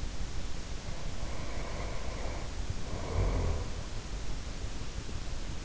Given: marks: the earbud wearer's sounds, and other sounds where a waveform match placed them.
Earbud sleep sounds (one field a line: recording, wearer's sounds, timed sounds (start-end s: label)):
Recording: sounds in sleep by an in-ear microphone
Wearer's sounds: breath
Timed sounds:
0.75-3.80 s: breath